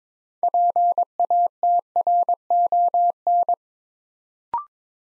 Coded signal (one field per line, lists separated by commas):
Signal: Morse code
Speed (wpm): 22 wpm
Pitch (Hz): 700 Hz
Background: none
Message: PATRON